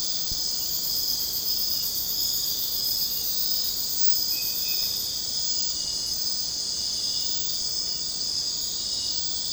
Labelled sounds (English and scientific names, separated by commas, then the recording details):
none
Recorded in secondary vegetation near Puerto Asís, Putumayo, Colombia, on 29 June 2025 at 02:30
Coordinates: 0.484, -76.319
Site G074